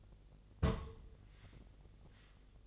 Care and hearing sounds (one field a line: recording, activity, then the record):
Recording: daily activity, microphone in the room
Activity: place on stove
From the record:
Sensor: 4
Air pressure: 1000.1 hPa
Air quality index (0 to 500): 224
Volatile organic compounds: 27 ppm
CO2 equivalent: 2897 ppm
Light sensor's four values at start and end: 9/20/8/8 and 9/20/8/8